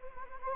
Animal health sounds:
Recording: mosquito wingbeat signal from an infrared sensor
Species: Anopheles arabiensis

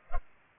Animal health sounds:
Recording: mosquito wingbeat signal from an infrared sensor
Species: Culex pipiens

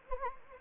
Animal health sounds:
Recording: mosquito wingbeat signal from an infrared sensor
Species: Anopheles gambiae

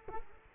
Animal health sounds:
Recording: mosquito wingbeat signal from an infrared sensor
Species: Culex quinquefasciatus

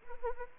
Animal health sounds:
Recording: mosquito wingbeat signal from an infrared sensor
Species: Anopheles arabiensis

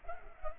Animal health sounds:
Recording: mosquito wingbeat signal from an infrared sensor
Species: Culex pipiens

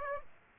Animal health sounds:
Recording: mosquito wingbeat signal from an infrared sensor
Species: Aedes aegypti

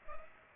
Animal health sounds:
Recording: mosquito wingbeat signal from an infrared sensor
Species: Culex pipiens

